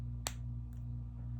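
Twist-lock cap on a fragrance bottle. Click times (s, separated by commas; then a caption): 0.3 s. The twist-lock cap on a Terre d'Hermès fragrance bottle is returned to its position while closing and clicks back into place with one strong, sharp click at 0.3 s. A much fainter tick follows at 0.7 s over a steady low hum. The cap is seated.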